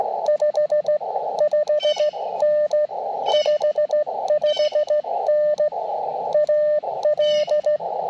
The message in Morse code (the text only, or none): 55N 55N AL